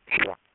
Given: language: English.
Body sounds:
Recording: throat vibration sensor signal played as sound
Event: swallow

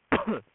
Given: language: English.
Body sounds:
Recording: throat vibration sensor signal played as sound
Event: cough

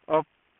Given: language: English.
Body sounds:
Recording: throat vibration sensor signal played as sound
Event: speech

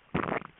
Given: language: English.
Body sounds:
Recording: throat vibration sensor signal played as sound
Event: swallow

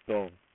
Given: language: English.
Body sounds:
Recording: throat vibration sensor signal played as sound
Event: speech

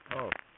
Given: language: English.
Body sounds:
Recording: throat vibration sensor signal played as sound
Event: speech

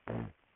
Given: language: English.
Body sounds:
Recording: throat vibration sensor signal played as sound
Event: throat clearing

